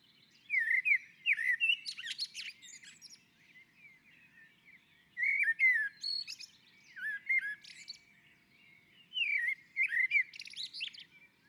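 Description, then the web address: Common blackbird singing three separate phrases, each opening with low fluted notes and closing with high scratchy twitters, spaced about four seconds apart. On a roof. "Naturinspelningar Koltrast på taket"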